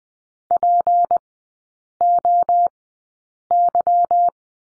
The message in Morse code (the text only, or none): POY